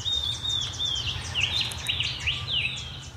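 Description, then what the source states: Shining bronze cuckoo calls, a series of high whistled notes, some drawn out and others short and up-slurred, over a steady low background hum. A 'pew, pew' call; this cuckoo has many different calls.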